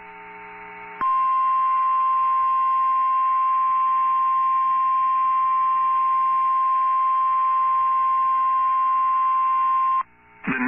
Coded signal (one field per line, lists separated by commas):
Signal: Emergency Alert System (SAME) tones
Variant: 1050 Hz attention tone